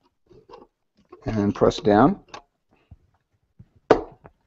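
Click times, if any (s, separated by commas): 3.9 s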